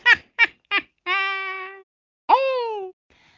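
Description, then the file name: Eurasian jay calls: three quick harsh notes, then two drawn-out mewing notes with rich overtones, the second rising sharply before levelling off. Recorded 28 February 2019. "geai"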